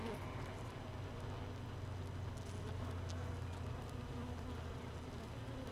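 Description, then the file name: Honey bees producing a dense low hum, steady buzzing with faint clicks. Hive 1 recorded without a queen, 31 May 2018, 15:30. "Hive 1 31 05 2018 NO Queen Bee H 1 audio 15 30 00"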